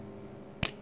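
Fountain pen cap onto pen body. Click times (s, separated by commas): 0.7 s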